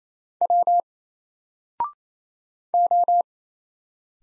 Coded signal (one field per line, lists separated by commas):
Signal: Morse code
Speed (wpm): 27 wpm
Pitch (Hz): 700 Hz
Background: none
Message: W O